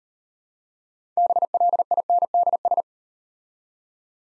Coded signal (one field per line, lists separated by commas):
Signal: Morse code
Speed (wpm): 39 wpm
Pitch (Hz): 700 Hz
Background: none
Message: BLINDS